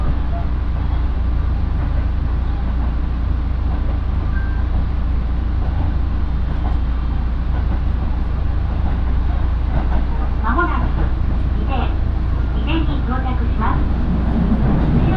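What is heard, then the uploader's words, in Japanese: Inside a local train on its run between stations, a heavy, low rumble of wheels and motor holds steady and loud throughout. Faint voices surface briefly in the background from about ten to fourteen seconds. 身延線普通 芝川→身延。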